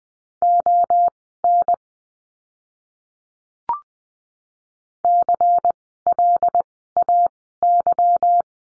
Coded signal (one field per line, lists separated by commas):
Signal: Morse code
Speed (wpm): 20 wpm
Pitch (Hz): 700 Hz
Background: none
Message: ON CLAY